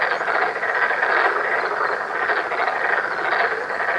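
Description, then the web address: Black-spotted pond frog chorus: many overlapping rasping croaks forming an unbroken, throbbing wall of sound. 7 April 2015. "birdenaga tonosamagaeru 150407"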